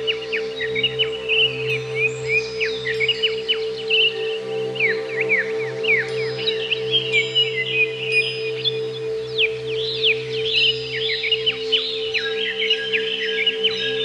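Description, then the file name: Greater green leafbird song, dense and ceaseless, mixing chirps and steep whistled sweeps, over a constant low hum. "cucak ijo"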